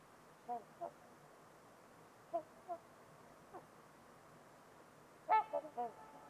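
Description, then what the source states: Trumpeter swans calling, short nasal honks, mostly in pairs, then a louder, harmonic-rich burst of honks near the end, over a quiet hissing background. Trumpeter swans at Winters Lake in a deep valley on a winter evening, amid deep silence with distant white noise; recorded by Nick McMahan.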